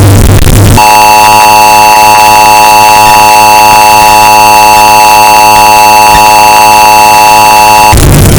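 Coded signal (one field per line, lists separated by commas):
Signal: Emergency Alert System (SAME) tones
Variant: 853 and 960 Hz attention tone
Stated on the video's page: Bass-boosted, distorted emergency alert sound effect looped for one hour.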